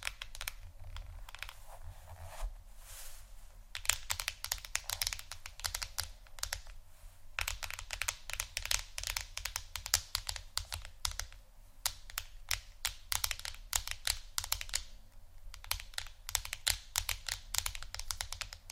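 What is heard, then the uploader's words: Quick fingertip tapping on a phone or tablet screen, sounding much like typing, comes in dense bursts of sharp clicks. Brief pauses break the runs near 2.5, 7 and 15 seconds. A low steady hum sits underneath throughout. ASMR Phonetablet Tapping（No Talking）.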